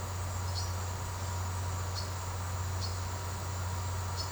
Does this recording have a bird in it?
yes